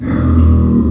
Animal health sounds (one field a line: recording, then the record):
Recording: squeal of a Yucatan mini pig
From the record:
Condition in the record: after surgery on the right vocal fold (resection and tissue-engineered implant)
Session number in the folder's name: 11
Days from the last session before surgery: 98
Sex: female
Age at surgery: 19 weeks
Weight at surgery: 25 kg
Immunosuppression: prednisolone